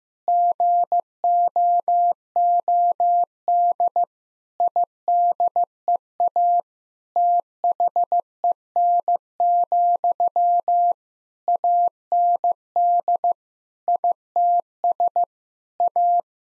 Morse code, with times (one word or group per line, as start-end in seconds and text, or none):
0.3-4.0 GOOD
4.6-6.6 IDEA
7.2-10.9 THEN,
11.5-13.3 AND
13.9-15.2 ITS
15.8-16.2 A